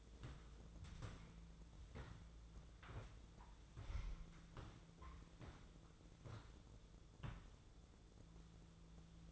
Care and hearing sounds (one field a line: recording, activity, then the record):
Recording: daily activity, microphone in the room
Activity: walk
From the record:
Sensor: 3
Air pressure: 1005.4 hPa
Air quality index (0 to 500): 95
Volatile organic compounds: 3 ppm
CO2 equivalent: 1485 ppm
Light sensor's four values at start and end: 10/23/9/9 and 10/24/10/9